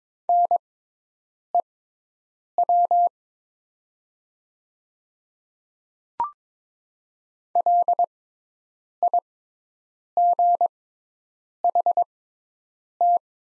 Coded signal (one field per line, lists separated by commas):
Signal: Morse code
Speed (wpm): 22 wpm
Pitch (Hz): 700 Hz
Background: none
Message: NEW LIGHT